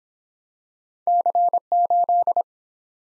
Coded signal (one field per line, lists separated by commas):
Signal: Morse code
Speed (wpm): 24 wpm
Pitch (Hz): 700 Hz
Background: none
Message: C8